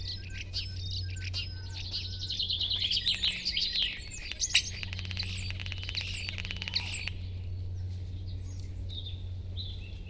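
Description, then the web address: Common starling with dense rattling, buzzy chatter for several seconds, then sparse high whistles, over a steady low hum. "Ocells Cultura Estornino. pinto"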